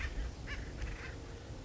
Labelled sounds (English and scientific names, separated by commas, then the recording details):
Acorn Woodpecker (Melanerpes formicivorus)
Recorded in Sonoma County, California